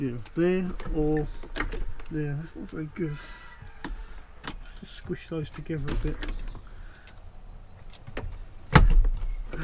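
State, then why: Seated. Two halves of a TV wall bracket in a campervan are squeezed together while someone talks. The bracket halves lock into the wall mount bracket with a sharp, loud click at about 8.8 s, and the TV bracket is seated in place.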